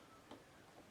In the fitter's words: just clip in and